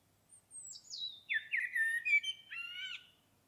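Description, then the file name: Common blackbird phrase: a thin, high, falling whistle sliding into a rich, low warbling run with scratchy overtones, all within about three seconds. "Turdus merula"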